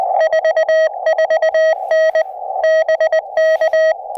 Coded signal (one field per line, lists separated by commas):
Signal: Morse code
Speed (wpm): 20 wpm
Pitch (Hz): 1270 Hz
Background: none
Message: 44N BK